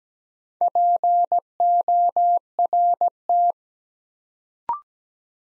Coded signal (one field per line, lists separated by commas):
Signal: Morse code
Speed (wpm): 17 wpm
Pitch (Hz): 700 Hz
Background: none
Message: PORT